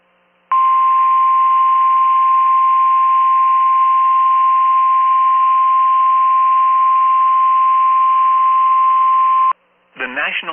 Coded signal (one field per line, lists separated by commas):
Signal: Emergency Alert System (SAME) tones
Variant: 1050 Hz attention tone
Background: speech